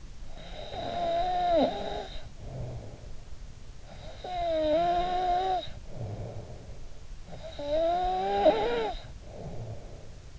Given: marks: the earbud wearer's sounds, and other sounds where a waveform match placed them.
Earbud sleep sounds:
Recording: sounds in sleep by an in-ear microphone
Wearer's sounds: snoring breath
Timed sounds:
0.00-7.03 s: snoring breath
7.17-10.39 s: snoring breath

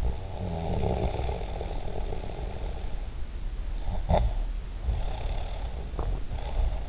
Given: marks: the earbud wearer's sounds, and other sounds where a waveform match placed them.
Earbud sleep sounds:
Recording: sounds in sleep by an in-ear microphone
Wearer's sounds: snoring breath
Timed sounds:
0.00-2.84 s: snoring breath
3.74-6.89 s: snoring breath

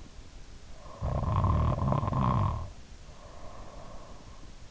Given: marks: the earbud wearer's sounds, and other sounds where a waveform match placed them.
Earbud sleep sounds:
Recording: sounds in sleep by an in-ear microphone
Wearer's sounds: snoring breath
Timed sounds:
0.58-4.27 s: snoring breath

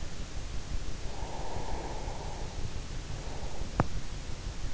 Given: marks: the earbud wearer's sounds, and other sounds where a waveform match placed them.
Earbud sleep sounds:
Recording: sounds in sleep by an in-ear microphone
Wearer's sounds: breath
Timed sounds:
1.07-4.06 s: breath

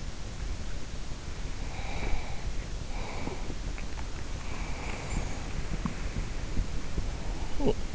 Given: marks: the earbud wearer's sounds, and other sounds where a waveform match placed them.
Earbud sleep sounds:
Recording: sounds in sleep by an in-ear microphone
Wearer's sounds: breath, talking in sleep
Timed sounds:
1.21-3.88 s: breath
4.09-7.56 s: breath
7.38-7.95 s: talking in sleep

